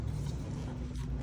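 A DC fast-charger plug is handled at an electric car's charge port as it is brought toward the inlet, with a steady low hum and rustling handling noise throughout. Nothing has seated or clicked yet; the clip ends just before the connector latches home.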